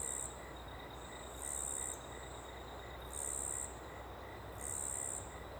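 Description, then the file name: Cricket sounding shrill, buzzy trills around every one and a half seconds, fainter chirps between, with the steady roar of a river behind. Small open woodland ambience with a river in the background; cricket very prominent on the left channel. "Ambiente em Pequena Mata Aberta e Rio ao Fundo com Grilo bem Presente na Esquerda"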